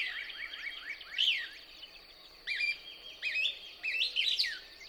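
Couch's Kingbird twittering song, with bursts of high, quick down-slurred notes separated by short pauses, over a constant thin high hum.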